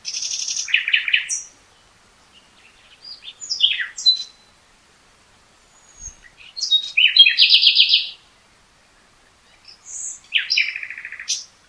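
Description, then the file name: Common nightingale sings varied phrases: a high rattling trill, sharp rising and falling notes, and a fast buzzy repeated series, with brief quiet spells between. "Luscinia megarhynchos"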